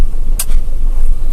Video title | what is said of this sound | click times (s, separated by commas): BELAJAR MENGOPRASIKAN DUMP TRUK TRONTON | Nah, udah bunyi cetek di belakang. | 0.4 s